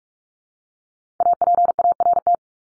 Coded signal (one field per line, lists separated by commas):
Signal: Morse code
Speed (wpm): 44 wpm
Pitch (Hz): 700 Hz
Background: none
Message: APART